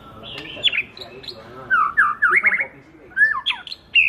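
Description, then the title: Bird song of harsh squawky notes mixed with sharp slurred whistles in short loud bursts, separated by brief pauses. Masteran (training) recording for songbirds. "LuckyBurung MasteranBest"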